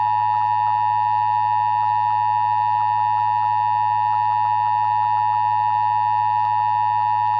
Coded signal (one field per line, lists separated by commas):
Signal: Emergency Alert System (SAME) tones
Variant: 853 and 960 Hz attention tone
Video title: Lake Charles WFO is Down - Administrative Message EAS